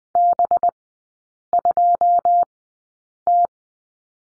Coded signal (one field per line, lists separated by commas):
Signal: Morse code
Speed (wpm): 20 wpm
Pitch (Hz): 700 Hz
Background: none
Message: B2T